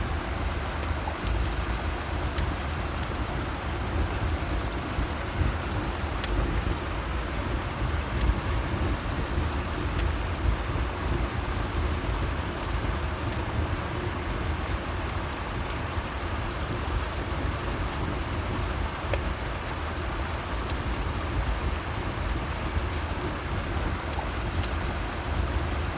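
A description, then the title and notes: Rain patters steadily on a roof with a dense, even hiss and a deep low rumble underneath, faint crackles scattered throughout. Relaxing Rain and Crackling Fire Sounds. Raindrops tap a soothing rhythm on the roof, and the fire crackles with a comforting cadence.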